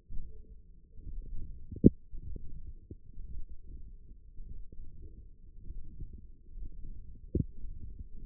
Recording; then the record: forearm muscle sounds (acoustic myography)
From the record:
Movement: hand closing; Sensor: system 1, eight BSWA MPA416 microphones around the upper forearm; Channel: 2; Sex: male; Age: 23 years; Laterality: right